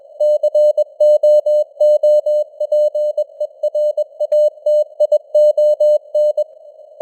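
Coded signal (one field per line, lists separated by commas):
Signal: Morse code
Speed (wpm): 21 wpm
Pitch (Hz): 600 Hz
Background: none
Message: COOPERATION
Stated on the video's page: Morse code news headlines at 21 wpm with simulated radio noise and varying signal strength (QSB).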